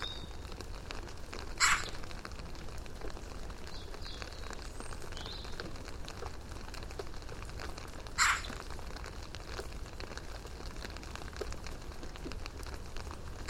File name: Pica pica